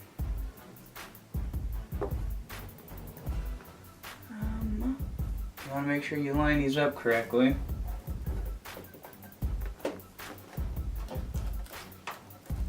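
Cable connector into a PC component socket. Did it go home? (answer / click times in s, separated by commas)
no / none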